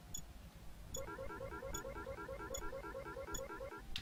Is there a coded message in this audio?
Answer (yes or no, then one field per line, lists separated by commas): no